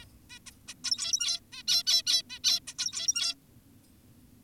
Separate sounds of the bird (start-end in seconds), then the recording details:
0.02-0.05, 0.30-0.39, 0.46-0.51, 0.68-0.74, 0.84-1.40, 1.52-1.63, 1.68-1.83, 1.87-2.02, 2.07-2.22, 2.30-2.39, 2.44-2.60, 2.68-2.74, 2.79-3.35. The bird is an adult. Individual g17y2U